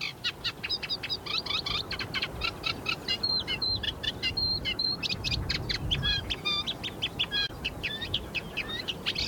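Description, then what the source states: Eurasian reed warbler song, a steady chattering string of short dry notes, each motif repeated a few times before shifting, running on continuously without pause. Song repeats one- or two-syllable motifs about four times, strung together endlessly; sings hesitantly and modestly compared with the more energetic sedge warbler of the same reedbed habitat; called metronome in the reeds.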